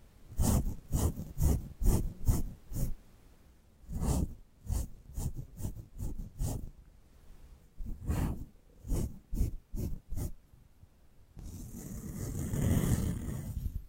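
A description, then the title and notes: Ear picking with props makes quick scratchy strokes in rhythmic bursts and pauses, then gives way to a steady rustling wash near the end. 3D panoramic ear picking with various props.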